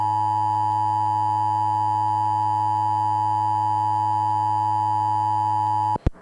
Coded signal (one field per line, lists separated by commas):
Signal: Emergency Alert System (SAME) tones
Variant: 853 and 960 Hz attention tone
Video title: Double EAS Monthly Test – Harrisburg, PA (4/11/2007)